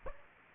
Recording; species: mosquito wingbeat signal from an infrared sensor; Aedes aegypti